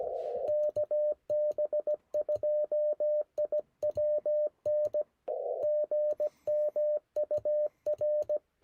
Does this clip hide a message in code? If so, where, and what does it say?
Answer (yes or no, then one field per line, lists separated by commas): yes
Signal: Morse code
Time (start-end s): 0.5-8.4 s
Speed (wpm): 17 wpm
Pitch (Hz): 600 Hz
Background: none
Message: KB2IWN GM UR